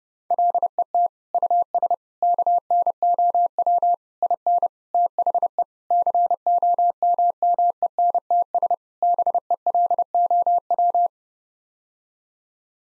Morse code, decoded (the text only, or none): LET US KNOW IN THE COMMENTS BELOW